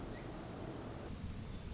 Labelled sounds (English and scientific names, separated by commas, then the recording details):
Pacific Wren (Troglodytes pacificus)
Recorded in Sonoma County, California